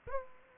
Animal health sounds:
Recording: mosquito wingbeat signal from an infrared sensor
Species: Aedes aegypti

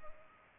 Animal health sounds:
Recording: mosquito wingbeat signal from an infrared sensor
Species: Culex pipiens

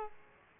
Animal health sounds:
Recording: mosquito wingbeat signal from an infrared sensor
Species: Aedes aegypti

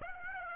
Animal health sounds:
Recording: mosquito wingbeat signal from an infrared sensor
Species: Aedes aegypti

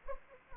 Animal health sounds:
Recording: mosquito wingbeat signal from an infrared sensor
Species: Anopheles arabiensis

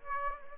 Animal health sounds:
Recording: mosquito wingbeat signal from an infrared sensor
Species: Aedes aegypti

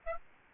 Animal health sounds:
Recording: mosquito wingbeat signal from an infrared sensor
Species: Aedes albopictus

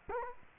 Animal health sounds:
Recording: mosquito wingbeat signal from an infrared sensor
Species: Culex quinquefasciatus

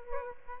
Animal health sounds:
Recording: mosquito wingbeat signal from an infrared sensor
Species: Aedes albopictus

